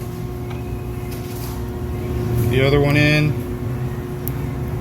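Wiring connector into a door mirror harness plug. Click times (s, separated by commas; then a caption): 4.3 s. A second wire connector is pushed into its housing on a Volvo door mirror harness plug, during work on the mirror assembly for an ambient temperature sensor code P0071. Someone talks over a steady low hum, and a sharp, brief click at 4.3 s marks the connector seating and locking.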